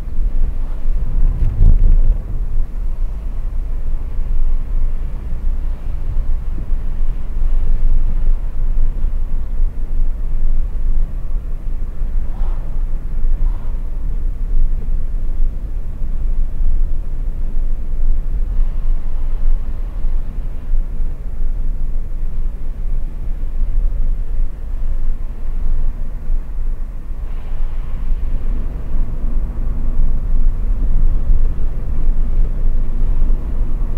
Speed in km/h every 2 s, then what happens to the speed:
47, 47, 54, 51, 51, 51, 50, 50, 50, 50, 50, 50, 50, 50, 51, 55, 56.
0-26 steady at about 50. 26-34 speeds up to 56.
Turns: none.